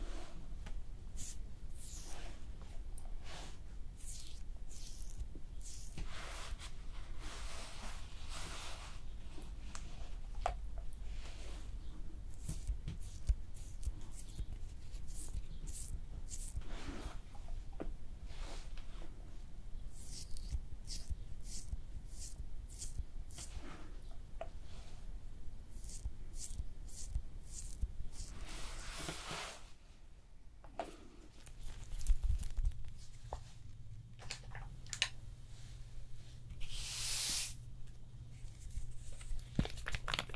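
Hand massage and nail care: soft rubbing and brushing strokes come in quick, irregular bursts over a low murmur. Around the half-minute mark a steady low hum sets in and runs to the end, with a couple of brief hissing bursts.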